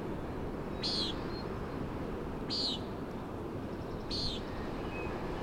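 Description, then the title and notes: Common nighthawk uttering three buzzy, slightly falling peents at even intervals against a broad hiss of wind. "Common Nighthawk "peenting" and "wing booms" 3:58am on top of Schoodic Head (Schoodic Div., Acadia National Park)"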